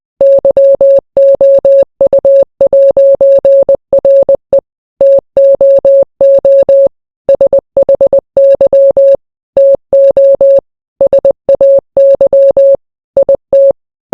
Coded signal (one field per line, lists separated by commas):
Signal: Morse code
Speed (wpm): 20 wpm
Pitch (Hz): 550 Hz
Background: none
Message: YOU'RE TOO SHY TO SAY IT